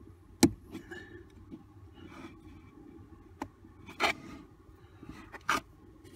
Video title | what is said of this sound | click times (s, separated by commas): Renault Kadjar Fuse Box Locations and how to check Renault Kadjar Fuses | and you should hear a nice little click as it snaps inside, then don't | 0.4 s